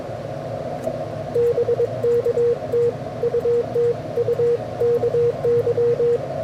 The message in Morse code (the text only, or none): BK TU TU KY